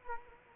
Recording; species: mosquito wingbeat signal from an infrared sensor; Culex quinquefasciatus